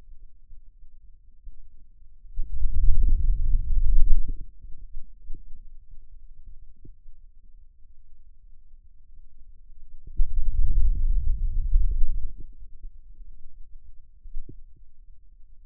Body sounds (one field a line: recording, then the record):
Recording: forearm muscle sounds (acoustic myography)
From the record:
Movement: wrist extension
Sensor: system 2, bracelet of six BSWA MPA416 microphones around the upper forearm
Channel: 2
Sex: male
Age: 22 years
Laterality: right